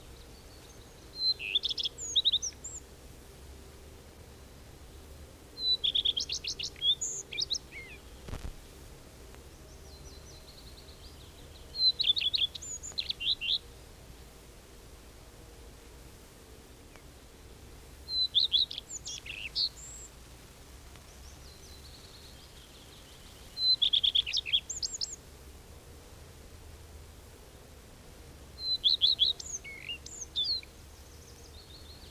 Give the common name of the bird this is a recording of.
Common Redstart